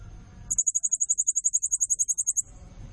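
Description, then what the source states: Blue-crowned hanging parrot giving a single quick, evenly spaced string of thin, very high notes for about two seconds, then quiet background noise. Lure recording used to attract other birds; also used as a tutor (nasteran) call; lively, energetic 'nembak gacor' calling style.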